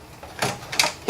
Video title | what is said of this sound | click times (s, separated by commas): How to install a video card | push down on it firmly but not too hard and you'll hear a nice and satisfying satisfying click | 0.8 s